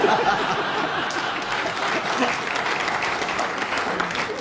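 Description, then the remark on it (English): Steady audience applause for a remark about the Fens, a dense wash of many hands clapping at an even loudness throughout, with a few chuckles mixed in and no clear speech. “You live in the Fens and you applaud that remark.”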